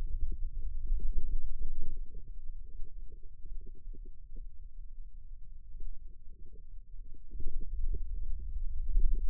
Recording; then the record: forearm muscle sounds (acoustic myography)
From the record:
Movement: wrist extension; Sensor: system 2, bracelet of six BSWA MPA416 microphones around the upper forearm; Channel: 5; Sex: male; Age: 22 years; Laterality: right